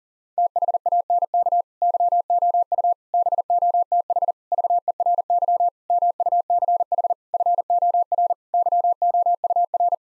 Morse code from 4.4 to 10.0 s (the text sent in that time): VERY MUCH FOR YOUR